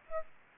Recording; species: mosquito wingbeat signal from an infrared sensor; Aedes aegypti